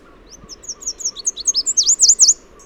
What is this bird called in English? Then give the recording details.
Chestnut-capped Warbler. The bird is a male. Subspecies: delattrii. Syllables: 14. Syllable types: 9. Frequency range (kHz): 3.2-8.3 kHz. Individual MA-SWR-M